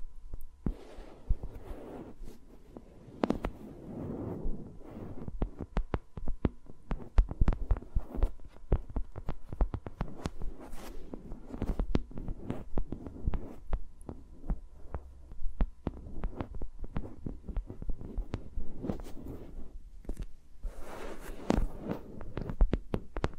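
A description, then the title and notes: Fingers move around microphones, making a dense stream of sharp taps, clicks and scratchy rubbing with no talking. Soft low thumps and rumbles swell and fade beneath the taps throughout, and a faint steady hum runs underneath. ASMR with Mics Around My Fingers (No Talking).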